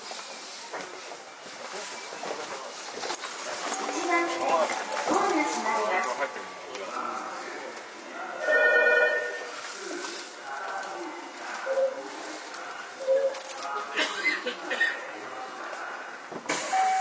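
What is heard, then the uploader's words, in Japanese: A ride on a Toei 5300 series train between Oshiage and Gotanda, thin and without deep rumble. A busy, shifting murmur of voices and clatter runs throughout, with a loud whistling squeal near nine seconds and short pitched tones and clicks toward the end. 都営5300形 押上ー五反田。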